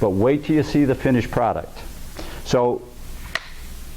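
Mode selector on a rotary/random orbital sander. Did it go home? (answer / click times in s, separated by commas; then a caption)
yes / 3.3 s. Someone talks as the mode selector on a rotary/random orbital sander is switched from random mode to coarse, rotary-driven mode. A single sharp click is heard at 3.4 s as the switch seats, and the pad is locked in.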